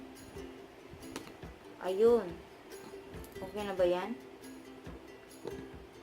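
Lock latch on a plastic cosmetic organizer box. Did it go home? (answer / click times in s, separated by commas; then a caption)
yes / 5.5 s. Someone fumbles with the lock latch on a plastic makeup organizer case, with light clicks around 1.2 and 1.3 seconds while someone talks. They press the lock until it catches with a click at 5.5 seconds, and the case is locked shut.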